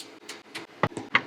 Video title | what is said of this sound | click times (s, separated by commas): LEGO Home Alone – Watch the Full Build Come to Life! | not the glass kind though but should still make a very satisfying clicking noise | 0.8 s, 1.2 s